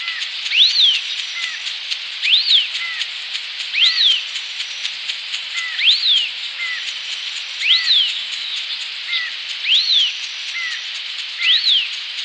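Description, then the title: Long-tailed Tyrant giving thin, high whistles that rise and fall sharply, repeated about every two seconds, each followed by a softer lower note, over a steady hiss. "LuckyPassaro Completos2Sama. Long-tailed Tyrant (Colonia colonus)"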